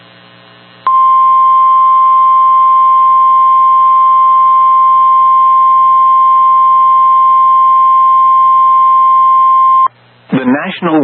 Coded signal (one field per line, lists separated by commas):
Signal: Emergency Alert System (SAME) tones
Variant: 1050 Hz attention tone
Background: speech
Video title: EAS #5 Severe Thunderstorm Watch (SVA) for my area 7/7/25 #493